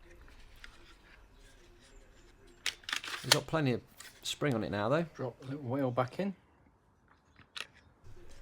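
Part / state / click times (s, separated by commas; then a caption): plastic damper wheel into car cup holder mechanism / seated / 7.6 s. A small plastic damper wheel is dropped back into its seat in a BMW's plastic cup holder mechanism and pressed home after the spring has been wound up, a slightly fiddly fit. Someone talks over faint handling clicks and rustles. The wheel clicks into place with a sharp snap at 7.6 s, and the damper is seated.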